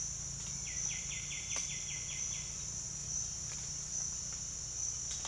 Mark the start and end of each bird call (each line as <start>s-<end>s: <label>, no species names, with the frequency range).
0.62s-2.50s: bird call (1.6-4.0 kHz)